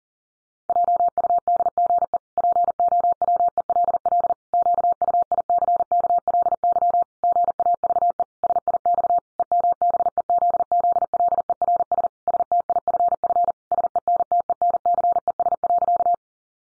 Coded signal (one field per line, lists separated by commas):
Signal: Morse code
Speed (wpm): 40 wpm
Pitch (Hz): 700 Hz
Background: none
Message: JUDGE POWELL QUICKLY GAVE SIX EMBEZZLERS STIFF SENTENCES.